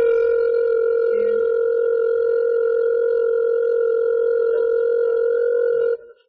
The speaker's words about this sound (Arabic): يرن التليفون، افتح. نعم. ألو، ألو.